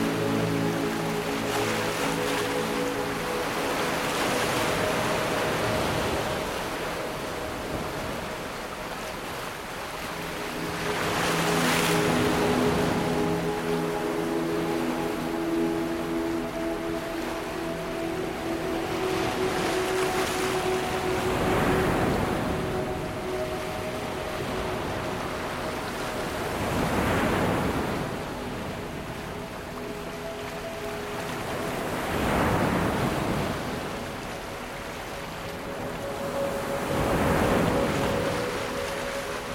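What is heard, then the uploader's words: Ocean waves surge and recede about every five seconds under soft, sustained ambient tones that drift and change pitch throughout. The 40hz gamma binaural waves in this soothing ambient music has been blended with ocean waves. Music with Ocean Waves.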